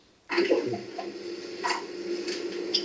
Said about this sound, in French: Non, c'est l'imprimante de Roderick. Ah oui, il est en train de tirer sans doute le texte